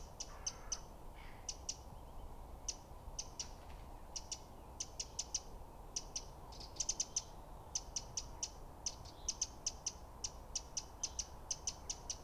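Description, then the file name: Eurasian wren uttering sharp, high ticking notes in clusters of two to five, repeated throughout, with a brief lower chirp near the start and soft background rumble. "Troglodytes troglodytes"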